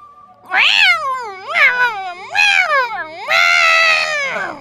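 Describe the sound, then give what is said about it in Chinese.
A big yellow cat meows four times in quick succession while pushing a person's body toward the shore, each call bending up and down in pitch. The calls are loud and clear with no voices, and the last one is longer and more drawn out. “大黄猫抬头看见这么一幕，目瞪口呆了好几秒，随即低下脑袋，奋力地将小赵的身体推向岸边，嘴里还喃喃自语，只是发出来的呀全是喵喵叫，没人能听得懂。”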